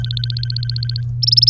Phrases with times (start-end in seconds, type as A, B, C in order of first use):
0.00-1.01 A, 1.22-1.49 B